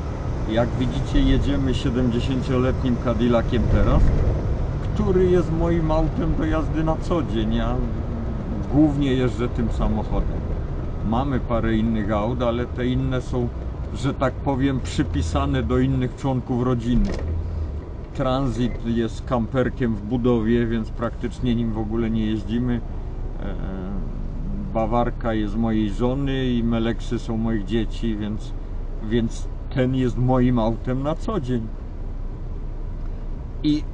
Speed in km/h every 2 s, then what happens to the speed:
30, 39, 43, 42, 37, 33, 28, 20, 9, 0, 0, 0, 0, 0, 0, 0, 0.
0-6 speeds up to 42. 6-17 brakes to 0. 17-34 standing.